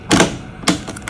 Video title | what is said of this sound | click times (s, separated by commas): ECMO Crisis Jump the pump | locks into place | 0.7 s